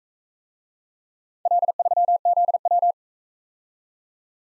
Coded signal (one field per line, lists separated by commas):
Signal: Morse code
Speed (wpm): 41 wpm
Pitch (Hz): 700 Hz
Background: none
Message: L3ZW